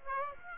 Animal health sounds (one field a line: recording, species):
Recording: mosquito wingbeat signal from an infrared sensor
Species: Aedes aegypti